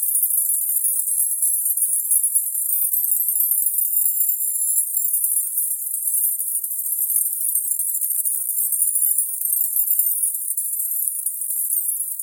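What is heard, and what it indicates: A steady, very high-pitched hiss of band-limited noise around 10 kHz holds at an even loudness for about 12 seconds, with no speech, beats or pauses. It is a synthetic tinnitus masker, a distractor sound played to cover or distract from ringing in the ears.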